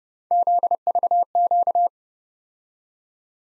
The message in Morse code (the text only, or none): ZVQ